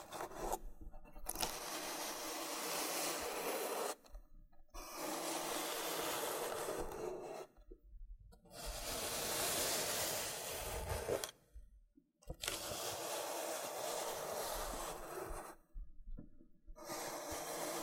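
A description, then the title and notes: Long, rough strokes of a loofah being rubbed and scraped, each a dense crackling scratch lasting two to three seconds. Short silent gaps separate the strokes at regular intervals, near 1, 4.5, 8, 12 and 16 seconds, and the texture stays bright and gritty throughout. Loofah Triggers with Intense Peeling & Popping Sounds.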